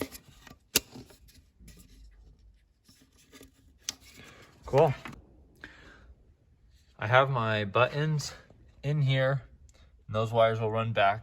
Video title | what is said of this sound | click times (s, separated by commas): How to install seat warmers in your car! EASY PROJECT! GREAT CHRISTMAS GIFT! | now this will just pop into place here | 0.8 s, 3.9 s